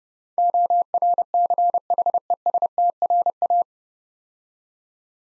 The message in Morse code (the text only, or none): ORCHESTRA